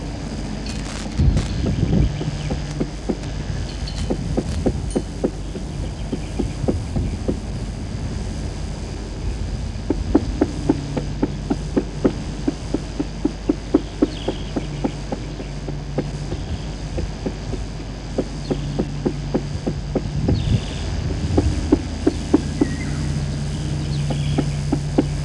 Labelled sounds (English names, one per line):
Black Woodpecker